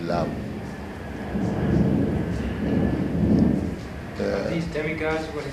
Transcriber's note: more thunder